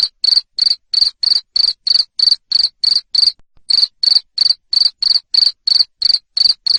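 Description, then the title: Cricket giving loud, high chirps in a regular series of about three per second, interrupted once by a short silence midway. Loud cricket chirping used to stimulate lovebirds to keep singing their ngekek song. "Suara JANGKRIK NGERIK Keras Bikin LOVEBIRD Jadi NGEKEK Terus Vubey"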